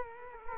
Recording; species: mosquito wingbeat signal from an infrared sensor; Culex quinquefasciatus